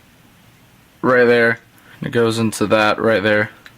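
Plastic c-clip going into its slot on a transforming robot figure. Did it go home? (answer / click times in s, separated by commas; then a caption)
no / none. Someone talks while handling a plastic transforming robot figure, pushing a small c-clip on one part toward its mating slot. A faint tick is heard near 3.7 s, but nothing has seated or clicked yet.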